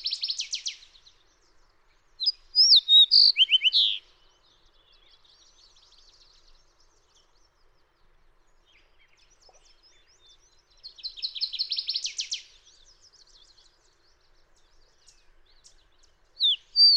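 Fox sparrow singing rich phrases of slurred whistles and buzzy trills, repeated with long quiet gaps.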